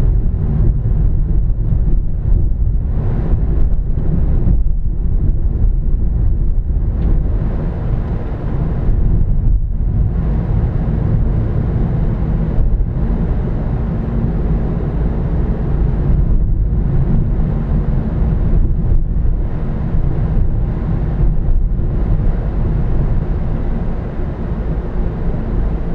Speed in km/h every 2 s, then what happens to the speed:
23, 24, 24, 26, 27, 27, 34, 35, 37, 34, 32, 32, 35.
0-10 steady at about 24. 10-15 speeds up to 37. 15-26 steady at about 34.